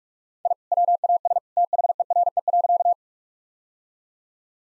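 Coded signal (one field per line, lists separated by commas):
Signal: Morse code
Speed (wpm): 46 wpm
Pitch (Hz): 700 Hz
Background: none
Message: I WAS THERE.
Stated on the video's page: Head-copy practice of sentences containing common two-word phrases, sent at 45 wpm, then repeated.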